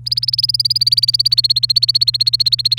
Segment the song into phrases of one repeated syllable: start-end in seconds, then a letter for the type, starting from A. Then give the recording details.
0.06-2.79 A. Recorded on 29 April 2018 at 07:57. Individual llb3